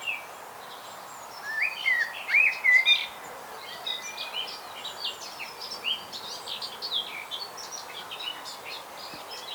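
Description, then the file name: Eurasian blackbird song: a short run of fluted, warbling notes early on, set against a busy chorus of many other high chirping birds. "Turdus merula"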